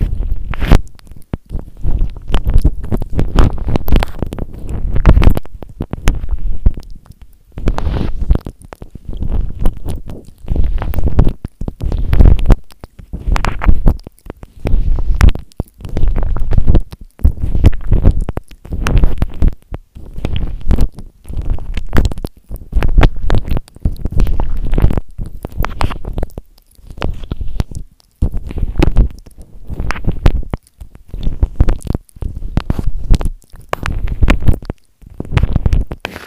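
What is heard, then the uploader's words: Wet, low mouth sounds come in quick bursts, dense and irregular, with brief near-silent gaps between clusters. Most of the sound sits low and murky, with occasional sharper clicks and smacks cutting through. The pattern continues unevenly for the whole 36 seconds. Mouth sounds.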